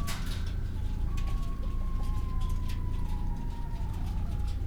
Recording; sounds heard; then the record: poultry house recording; healthy chickens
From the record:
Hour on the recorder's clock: 9